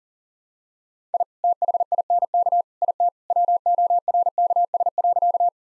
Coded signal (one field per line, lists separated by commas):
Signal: Morse code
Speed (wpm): 40 wpm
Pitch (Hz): 700 Hz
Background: none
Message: I THINK IT WORKS.